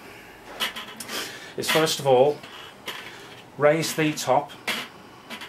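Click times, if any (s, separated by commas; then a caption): none. Someone talks while handling the clear plastic vacuum bin of a 2017 UK Dyson Light Ball Multi-Floor upright vacuum cleaner, raising the bin's bottom flap back up toward the small hole over the plastic lug on the front, with light plastic knocks between the words. The clip ends before the flap's catch goes home, so nothing has clicked or seated yet.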